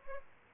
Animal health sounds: mosquito wingbeat signal from an infrared sensor; Aedes albopictus

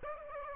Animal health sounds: mosquito wingbeat signal from an infrared sensor; Aedes aegypti

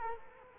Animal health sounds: mosquito wingbeat signal from an infrared sensor; Culex quinquefasciatus

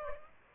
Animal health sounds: mosquito wingbeat signal from an infrared sensor; Aedes aegypti

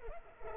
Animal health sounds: mosquito wingbeat signal from an infrared sensor; Culex pipiens

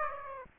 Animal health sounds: mosquito wingbeat signal from an infrared sensor; Aedes aegypti

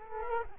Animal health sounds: mosquito wingbeat signal from an infrared sensor; Culex quinquefasciatus

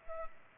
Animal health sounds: mosquito wingbeat signal from an infrared sensor; Culex pipiens

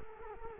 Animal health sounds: mosquito wingbeat signal from an infrared sensor; Culex quinquefasciatus

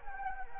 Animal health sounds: mosquito wingbeat signal from an infrared sensor; Anopheles arabiensis

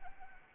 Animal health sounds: mosquito wingbeat signal from an infrared sensor; Anopheles arabiensis

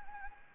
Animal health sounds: mosquito wingbeat signal from an infrared sensor; Anopheles gambiae

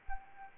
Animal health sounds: mosquito wingbeat signal from an infrared sensor; Anopheles arabiensis

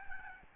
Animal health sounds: mosquito wingbeat signal from an infrared sensor; Aedes albopictus

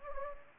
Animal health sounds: mosquito wingbeat signal from an infrared sensor; Anopheles gambiae

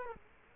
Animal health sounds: mosquito wingbeat signal from an infrared sensor; Culex quinquefasciatus

